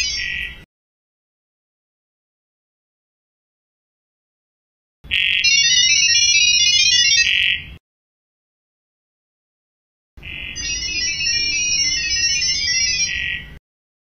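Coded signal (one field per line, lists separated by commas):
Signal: data over sound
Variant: ggwave (Gibberlink)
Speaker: let's go ahead and check two models talking to one another in sound level protocol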